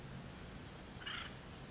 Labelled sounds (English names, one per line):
Acorn Woodpecker